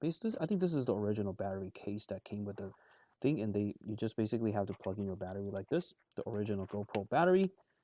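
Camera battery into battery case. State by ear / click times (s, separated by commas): not seated / none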